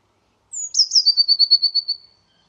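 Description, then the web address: Eurasian blue tit: a sharp high sliding note running into a rapid, level trill. "cianscape birddata Deverinetal 2025 File origin Bird Only Cy Ca"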